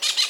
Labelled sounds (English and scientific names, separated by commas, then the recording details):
Brown-throated Parakeet (Eupsittula pertinax) contact call
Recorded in Venezuela
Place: Guárico; Corozopando; Fundo La Fe
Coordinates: 8.506, -67.593